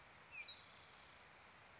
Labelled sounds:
Spotted Towhee (Pipilo maculatus)
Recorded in Sonoma County, California

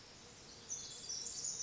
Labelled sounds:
Pacific Wren (Troglodytes pacificus)
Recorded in Sonoma County, California

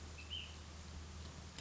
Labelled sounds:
Ash-throated Flycatcher (Myiarchus cinerascens)
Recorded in Sonoma County, California

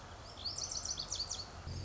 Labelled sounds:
Lazuli Bunting (Passerina amoena)
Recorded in Sonoma County, California

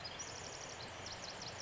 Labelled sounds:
Pacific Wren (Troglodytes pacificus)
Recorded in Sonoma County, California

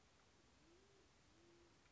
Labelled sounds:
Band-tailed Pigeon (Patagioenas fasciata)
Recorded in Sonoma County, California

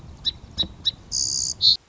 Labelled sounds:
Song Sparrow (Melospiza melodia)
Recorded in Sonoma County, California

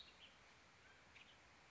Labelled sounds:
Western Tanager (Piranga ludoviciana)
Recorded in Sonoma County, California

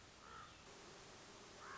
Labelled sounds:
Common Raven (Corvus corax)
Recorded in Sonoma County, California

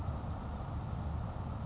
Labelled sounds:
Grasshopper Sparrow (Ammodramus savannarum)
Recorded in Sonoma County, California

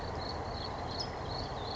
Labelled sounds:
California Towhee (Melozone crissalis)
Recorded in Sonoma County, California

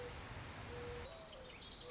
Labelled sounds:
Mourning Dove (Zenaida macroura)
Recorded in Sonoma County, California

